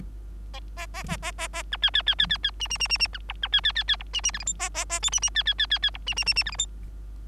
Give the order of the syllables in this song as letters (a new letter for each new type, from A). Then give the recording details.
A A A A A A B C C C C C C D D D D D B E B C C C C E D D F G H A A A I D D C C C C C E D D D D F G H. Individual Bird3